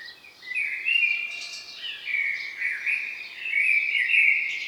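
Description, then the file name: Common blackbird delivering a sustained, rich warble of gliding notes with brief higher squeaky accents throughout. "Turdus merula"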